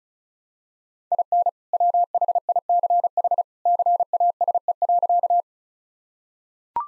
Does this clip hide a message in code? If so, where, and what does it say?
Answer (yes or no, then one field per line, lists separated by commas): yes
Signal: Morse code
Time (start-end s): 1.1-5.4 s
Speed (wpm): 36 wpm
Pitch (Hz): 700 Hz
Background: none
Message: IN WHICH CASE.